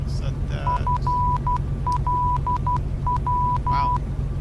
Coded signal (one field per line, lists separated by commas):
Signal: Morse code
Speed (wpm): 12 wpm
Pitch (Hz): 990 Hz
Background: speech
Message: FLW